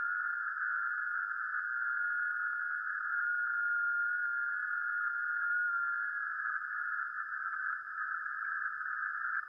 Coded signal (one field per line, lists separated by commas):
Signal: FT8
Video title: 2025-06-17 1800-2359 - Playing Music - Radio - Trailer Updates